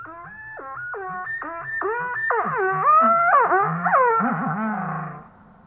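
Montezuma oropendola song: a series of hollow, liquid sliding notes that swell in loudness into a rich, bubbling gurgle before fading after about five seconds.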